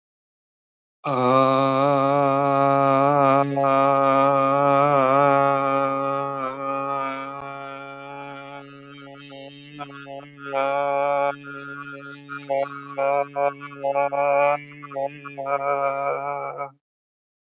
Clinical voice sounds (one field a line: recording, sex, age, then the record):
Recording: vowel held as long as possible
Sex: male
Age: 40 to 49 years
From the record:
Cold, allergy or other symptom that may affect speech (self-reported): no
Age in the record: 49 years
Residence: Arizona, United States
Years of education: 14